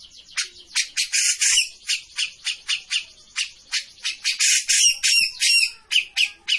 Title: Cucak Jenggot Gacor. Masteran burung cucak jenggot ! Suaka burung